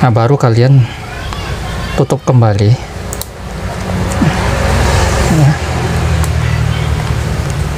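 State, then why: Seated. Someone talks as the plastic screen cover is closed back down onto the display housing of an Asus A416M laptop after its LCD is replaced, with the left and right catches pressed together. Two quick, sharp snaps at 3.1 s and 3.2 s mark the cover catches clicking shut. The left and right sides are then tight and secure.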